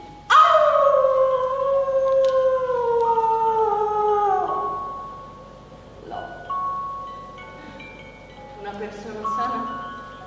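A long, wavering howl slides slowly downward in pitch for several seconds, then fades; a few shorter, quieter howling tones follow, rising and falling.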